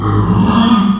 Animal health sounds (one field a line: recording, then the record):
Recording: squeal of a Yucatan mini pig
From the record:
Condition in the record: after surgery on the right vocal fold (resection and tissue-engineered implant)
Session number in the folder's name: 16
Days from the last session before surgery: 183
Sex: female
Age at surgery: 19 weeks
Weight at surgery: 25 kg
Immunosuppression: prednisolone